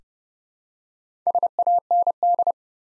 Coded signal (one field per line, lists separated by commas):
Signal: Morse code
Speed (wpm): 29 wpm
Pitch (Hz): 700 Hz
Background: none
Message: SAND